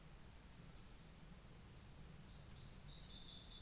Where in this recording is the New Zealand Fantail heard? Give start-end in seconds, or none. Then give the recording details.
none. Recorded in New Zealand on 24 December 2018. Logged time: 15:45